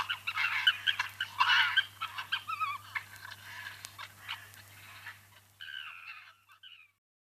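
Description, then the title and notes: Arctic fox vocalising, a flurry of raspy, wavering yelps that thin out, ending in a few fainter wavering calls before silence. "Naali. Paavo Hellstedt"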